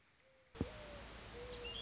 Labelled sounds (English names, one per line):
Mourning Dove